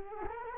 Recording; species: mosquito wingbeat signal from an infrared sensor; Culex quinquefasciatus